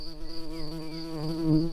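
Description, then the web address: White-tailed bumblebee buzz, a steady low drone with a rich stack of harmonics, slightly wavering in pitch and swelling a little louder near the end. Queen. "bumblebees Lucorum-queens"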